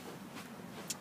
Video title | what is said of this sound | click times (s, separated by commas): Harry V1 movie | at the input one slot just pop it in like that until you hear a click there's great it's working | 0.9 s